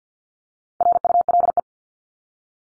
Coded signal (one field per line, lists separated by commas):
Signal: Morse code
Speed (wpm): 50 wpm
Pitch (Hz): 700 Hz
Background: none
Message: RULE